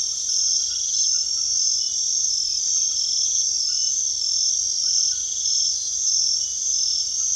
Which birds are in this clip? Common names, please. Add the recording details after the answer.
none. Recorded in secondary vegetation near Puerto Asís, Putumayo, Colombia, on 21 February 2024 at 01:30. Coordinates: 0.500, -76.326. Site G6428